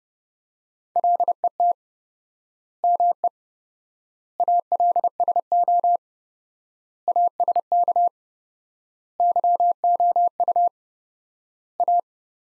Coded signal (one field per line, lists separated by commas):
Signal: Morse code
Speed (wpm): 30 wpm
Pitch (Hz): 700 Hz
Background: none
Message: LET ME ALSO ASK YOU A